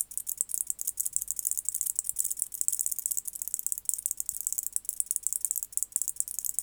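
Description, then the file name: White-faced bush-cricket song, a dense, high, dry rattling stridulation of rapid ticking pulses running almost without a break through the whole stretch. "Decticus albifrons"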